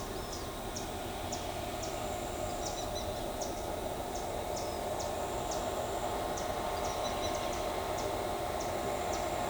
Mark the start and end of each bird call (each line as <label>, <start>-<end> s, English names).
White-eared Conebill, 0.00-1.89 s
White-whiskered Spinetail, 2.62-3.01 s
White-eared Conebill, 3.40-9.20 s
White-whiskered Spinetail, 6.86-7.31 s